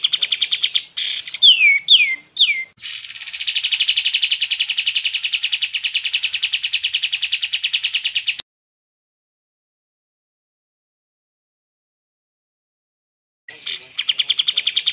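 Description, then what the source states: Sooty-headed bulbul singing a few quick downslurred whistles, then a sustained rapid chattering trill. After a silent gap the trill resumes. Masteran recording used for training songbirds.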